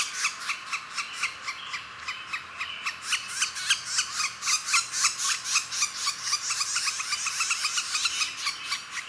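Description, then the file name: Northern flicker nestling begging: rapid, buzzy rasping pulses repeated nearly four times a second, continuous throughout. Nestling calling while being fed. "Northern Flicker Nestling Calling and Feeding"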